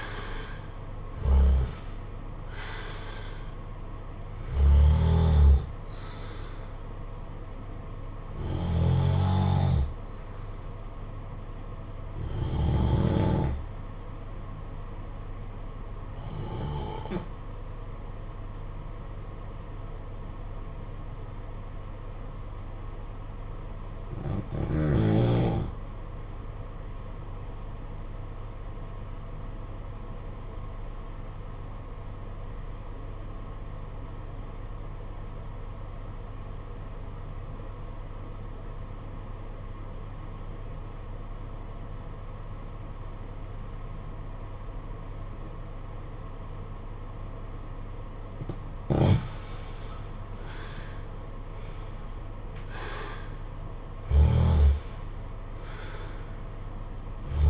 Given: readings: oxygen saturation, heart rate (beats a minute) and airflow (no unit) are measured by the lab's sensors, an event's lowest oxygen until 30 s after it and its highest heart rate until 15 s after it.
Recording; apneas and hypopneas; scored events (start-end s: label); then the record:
breathing in sleep by a smartphone at the bedside; 1
19.00-50.80 s: obstructive apnea (REM, oxygen 95% highest, then 76% lowest, heart rate 52 at the start, 74 highest)
From the record:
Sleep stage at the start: REM sleep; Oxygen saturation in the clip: 78 to 95%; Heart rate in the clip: 52 to 83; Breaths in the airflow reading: 7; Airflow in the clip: -11.7 to 15.2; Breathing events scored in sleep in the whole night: 476 in 9.7 hours asleep